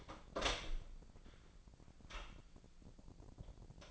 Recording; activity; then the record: daily activity, microphone in the room; open door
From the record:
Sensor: 5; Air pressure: 1009.3 hPa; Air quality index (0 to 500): 167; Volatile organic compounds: 2 ppm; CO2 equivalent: 1276 ppm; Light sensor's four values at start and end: 189/449/190/206 and 188/447/189/206